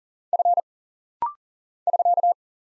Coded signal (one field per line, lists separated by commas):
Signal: Morse code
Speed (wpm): 40 wpm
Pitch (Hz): 700 Hz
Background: none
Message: F <SK>